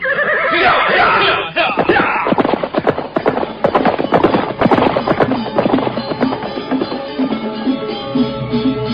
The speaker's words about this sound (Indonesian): Mereka segera naik ke atas punggung kuda. Dan sebentar kemudian, mereka pun sudah berkuda meninggalkan halaman candi.